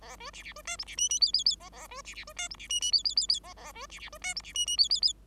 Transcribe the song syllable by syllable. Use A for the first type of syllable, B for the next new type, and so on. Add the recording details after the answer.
A B C C B D E C F F G G G A A B C C B D E C F F G G G G A A B C C B D E C F F G G G. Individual Bird5